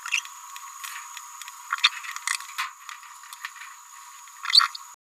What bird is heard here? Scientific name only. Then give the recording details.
Forpus passerinus. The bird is a male. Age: 30 days. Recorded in a nest box in Venezuela. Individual 17B31A1